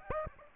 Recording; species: mosquito wingbeat signal from an infrared sensor; Aedes aegypti